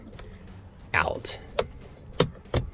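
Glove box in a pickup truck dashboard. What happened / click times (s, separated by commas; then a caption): The glove box clicked free of the dash / 1.6 s, 2.2 s. A side bar on a glove box in a pickup truck's plastic dashboard is pulled up, and sharp clicks are heard at 1.6 and 2.2 seconds as the glove box releases from the dash. Someone talks briefly, and the glove box comes free.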